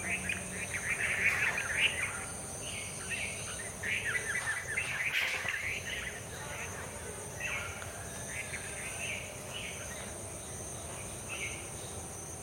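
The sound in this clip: Red-vented bulbul song, a series of brief chirpy warbled notes, fading later, over continuous background hiss and a high tone.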